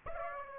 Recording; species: mosquito wingbeat signal from an infrared sensor; Aedes aegypti